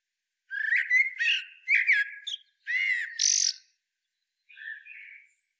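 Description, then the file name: Common blackbird song: a low fluty warble followed by squeaky high twittering flourishes, in several bursts, then a softer short phrase after a pause. "Turdus merula"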